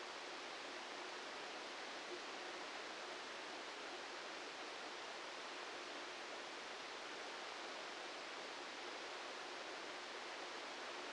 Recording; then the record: brain microelectrode recording played as sound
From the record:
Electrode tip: outside the subthalamic nucleus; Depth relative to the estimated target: -8 mm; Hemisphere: left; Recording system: NeuroSet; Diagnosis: Parkinson's disease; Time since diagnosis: 8 years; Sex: male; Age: 58 years